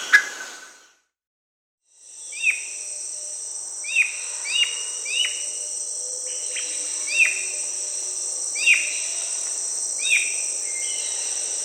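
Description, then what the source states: White-necked thrush uttering a run of short, sharp downslurred call notes at irregular intervals, with a steady shrill insect chorus behind from about two seconds on. Recorded in South America.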